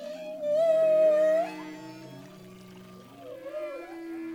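Humpback whale giving a loud wavering moan that rises at its end, then softer low groans and a wobbling mid-pitched call.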